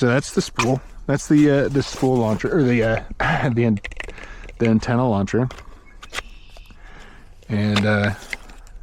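Someone talks while handling a 3D-printed line spool at the mount of a plastic antenna throw launcher, with a few faint handling ticks around 6.0, 8.5 and 8.7 seconds. The spool has not yet been pushed home; nothing has seated or clicked yet.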